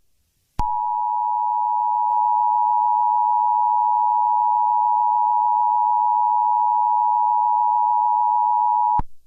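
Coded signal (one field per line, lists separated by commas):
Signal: Emergency Alert System (SAME) tones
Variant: 853 and 960 Hz attention tone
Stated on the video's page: Fictional EAS scenario about a Slenderman rampage in London.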